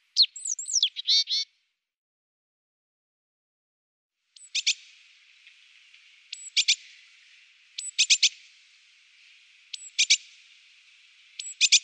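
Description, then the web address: Eurasian blue tit calls: a brief jumble of thin high notes, then a pause and short groups of sharp high notes repeated several times. "Tierstimmen Blaumeise"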